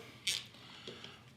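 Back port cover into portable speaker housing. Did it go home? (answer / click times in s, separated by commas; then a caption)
yes / 0.9 s, 1.0 s. A rubber-sealed back port cover is pressed shut on a rugged plastic Turtle Box portable speaker to make it watertight. After a louder bright burst at 0.3 s, two quieter clicks come at 0.9 s and 1.0 s. The cover latches shut with the double click and is seated.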